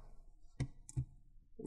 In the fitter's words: and squeeze the corners the front make sure you hit those clicks